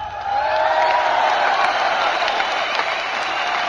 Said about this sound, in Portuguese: Palmas para ele.